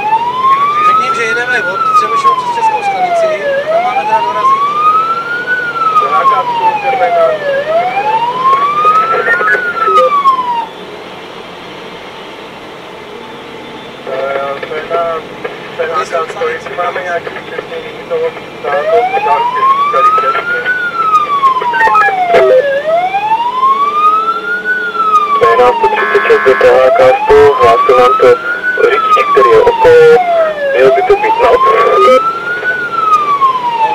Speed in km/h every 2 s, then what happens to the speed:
85, 87, 89, 91, 91, 91, 88, 86, 83, 83, 83, 82, 80, 78, 79, 86, 89.
0-10 speeds up to 91. 10-27 slows to 78. 27-31 speeds up to 89.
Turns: none.